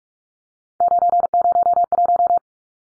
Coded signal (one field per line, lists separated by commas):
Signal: Morse code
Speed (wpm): 44 wpm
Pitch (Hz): 700 Hz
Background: none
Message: 901